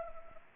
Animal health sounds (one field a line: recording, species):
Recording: mosquito wingbeat signal from an infrared sensor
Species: Anopheles arabiensis